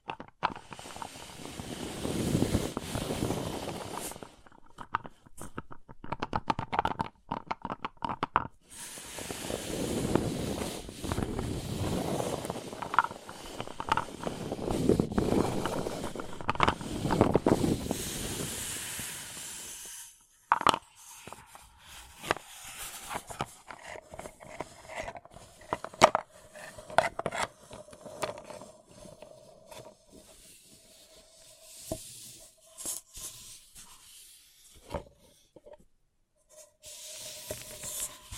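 A paper cup is handled, with crinkling, scratching and rustling that comes in dense bursts through the first twenty seconds, breaking off briefly around five and nine seconds. After that the sounds turn sparser and quieter: light taps, clicks and soft scrapes with short pauses between them.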